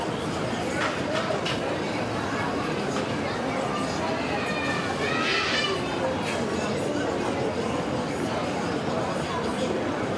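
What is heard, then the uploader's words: Steady café chatter fills the room, a dense murmur of overlapping voices with no single speaker standing out. Brief brighter clinks and clatters surface now and then, most clearly around the middle, over a constant low rumble of background noise. Cafe Chatting Sounds.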